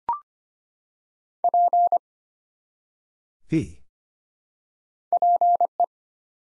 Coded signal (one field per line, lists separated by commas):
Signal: Morse code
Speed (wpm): 25 wpm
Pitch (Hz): 700 Hz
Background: none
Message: P PE